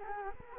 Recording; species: mosquito wingbeat signal from an infrared sensor; Culex quinquefasciatus